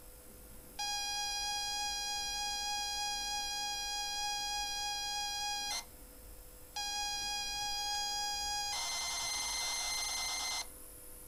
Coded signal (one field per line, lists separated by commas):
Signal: ZX Spectrum tape loading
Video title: ZX Spectrum MIA Preview / Episode 2 / Backup - Perrian Limited (also Follow Up + Backup Pot Pourri)